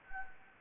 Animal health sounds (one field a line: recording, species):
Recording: mosquito wingbeat signal from an infrared sensor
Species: Anopheles gambiae